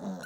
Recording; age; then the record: pig call; piglet (1 to 25 days)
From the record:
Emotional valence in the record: negative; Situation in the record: short isolation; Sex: female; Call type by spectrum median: low-frequency call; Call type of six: mixed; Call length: 0.26 s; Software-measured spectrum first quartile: 202 Hz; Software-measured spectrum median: 422 Hz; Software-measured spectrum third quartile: 1122 Hz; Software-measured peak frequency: 194 Hz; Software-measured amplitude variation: 79 dB a second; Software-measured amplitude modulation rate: 15.6 a second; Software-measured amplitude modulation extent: 5.0 dB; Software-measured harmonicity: 4.4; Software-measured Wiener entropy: -0.84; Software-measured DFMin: 829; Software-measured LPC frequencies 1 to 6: 621, 1490, 2886, 4154, 5654, 6658 Hz